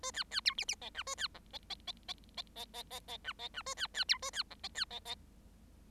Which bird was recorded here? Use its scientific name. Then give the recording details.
Lonchura striata domestica. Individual Bird7